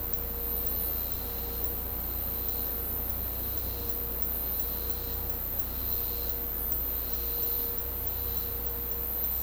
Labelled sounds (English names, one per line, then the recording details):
none
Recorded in secondary vegetation near Puerto Asís, Putumayo, Colombia, on 16 December 2024 at 10:00
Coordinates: 0.502, -76.326
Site G028